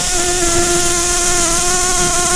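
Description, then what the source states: Red-tailed bumblebee buzzing steadily, a continuous low drone with clear harmonic bands and an even hum throughout, over a strong background hiss. Queen.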